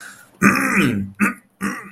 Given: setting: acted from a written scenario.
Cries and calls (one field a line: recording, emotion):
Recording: vocal sound without words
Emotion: anger